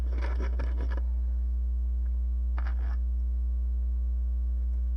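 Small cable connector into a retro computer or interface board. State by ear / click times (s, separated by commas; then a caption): seated / 2.6 s. A small, finicky cable connector is worked into a retro computer or interface board on a cassette save/load setup, with scratchy fiddling in the first second over a steady low hum. A sharp click at 2.6 s, inside a brief burst of handling noise, marks the connector seating in place.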